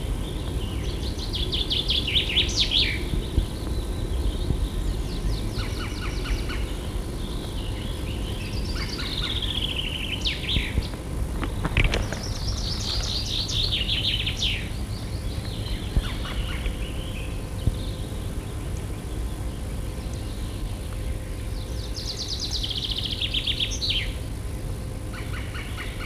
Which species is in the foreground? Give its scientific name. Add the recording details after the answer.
Dryocopus martius. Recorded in the wild. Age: adult. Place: Dammsmühle, Brandenburg, DE. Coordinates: 52.6917, 13.4083. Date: 1962-06-24. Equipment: Minifon, Kopie Smaragd. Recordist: Tembrock, Günter. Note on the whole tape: Rufe und Rufreihen, Dammsmühle (altes Schloßportal)